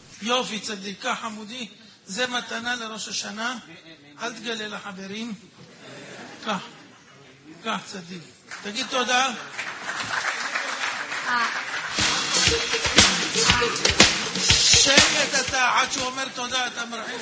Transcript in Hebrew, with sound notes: יופי צדיק חמודי זה מתנה לראש השנה אל תגלה לחברים קח קח צדיק תגיד [מחיאות כפיים] תודה שקת אתה עד שהוא אומר תודה אתה מרחי